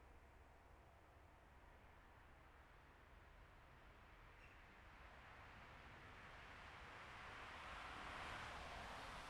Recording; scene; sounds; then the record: everyday scene through a hearing-aid microphone; in traffic; traffic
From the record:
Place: bus stop on a city main road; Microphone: behind the ear, left, rear